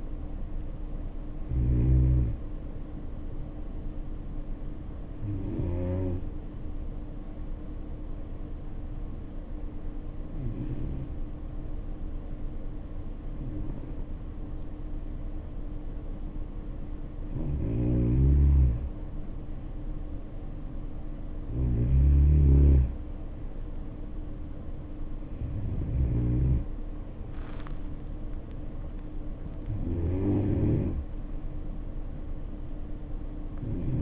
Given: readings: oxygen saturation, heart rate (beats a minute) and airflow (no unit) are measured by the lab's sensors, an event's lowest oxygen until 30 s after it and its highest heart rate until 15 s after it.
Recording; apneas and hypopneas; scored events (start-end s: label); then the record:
breathing in sleep by a smartphone at the bedside; 1
3.00-33.00 s: new sleep stage, N1 (lightest sleep)
7.00-20.40 s: hypopnea (N1, oxygen 94% highest, then 90% lowest, heart rate 59 at the start, 67 highest)
33.00-34.02 s: new sleep stage, N2 (light sleep)
From the record:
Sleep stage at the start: N2 (light sleep); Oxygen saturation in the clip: 84 to 94%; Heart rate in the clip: 58 to 67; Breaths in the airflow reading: 7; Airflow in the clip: -5.8 to 6.5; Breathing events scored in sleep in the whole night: 520 in 7.2 hours asleep